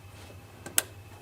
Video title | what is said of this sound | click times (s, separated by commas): Maserati Code P2239 O2 Sensor 1 1 Pump Cell, Maserati Levante Ghibli GranTurismo Quattroporte | Okay click that's amazing when you hear that click it's a good feeling | 0.8 s